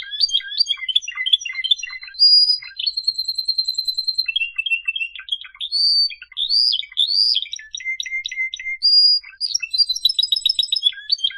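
Canary song mixing quick chips, a steady fast trill, swooping whistles and dry clicking rattles, delivered continuously with very high tinkling notes above.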